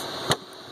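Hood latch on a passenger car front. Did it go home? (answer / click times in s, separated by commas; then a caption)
yes / 0.3 s. The passenger side of a 2017 Volvo S60 T5's steel hood, which had not latched after being lowered softly, is bumped down. The latch catches with a sharp, short impact at 0.3 s, and the hood is latched.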